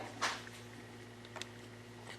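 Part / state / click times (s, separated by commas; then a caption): carburetor needle into carburetor slide / seated / 1.4 s. A carburetor needle on an Arctic Cat 500 is pushed down into its hole in the carburetor slide, after the parts had been put together backwards and the needle had been floating loose. Over a steady low hum, a brief broadband rustle comes at about 0.2 s, then a small sharp click at 1.4 s as the needle seats and locks into place.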